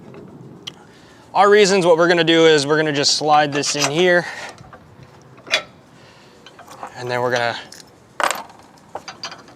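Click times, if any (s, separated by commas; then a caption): none. A locking hitch pin is handled at an OEDRO 6-inch drop adjustable trailer hitch sitting in a truck's hitch receiver while someone talks. Short metallic taps and rattles are heard between the speech. Nothing has seated or clicked yet; the pin has not been clamped on and locked.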